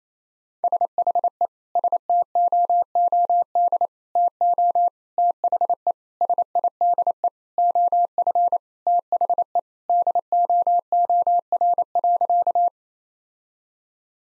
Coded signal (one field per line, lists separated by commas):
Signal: Morse code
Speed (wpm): 28 wpm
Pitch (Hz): 700 Hz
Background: none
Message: SHE STOOD TO THE SIDE OF THE DOOR.